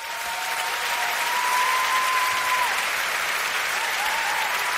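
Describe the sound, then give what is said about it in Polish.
Steady, dense applause from a crowd for musicians who performed, a continuous wash of clapping that holds at an even loudness throughout, with a faint sustained tone drifting through the middle. “No, powinny być jakieś oklaski, tak mi się wydaje.”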